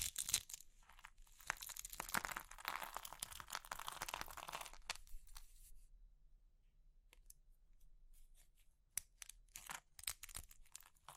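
Brittle crumbling and crushing sounds, dense and crackly for the first five seconds, then sparse scattered crunches and clicks against near silence.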